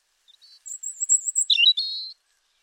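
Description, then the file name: European robin phrase of a faint lead-in, a long wavering high whistle, then a short twisting flourish and level note. "Erithacus rubecula"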